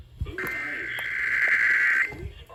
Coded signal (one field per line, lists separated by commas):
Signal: Emergency Alert System (SAME) tones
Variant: header bursts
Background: speech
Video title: EAS 472 - Another CAE - WXK67, KZLV, KZAI + HD2 sorta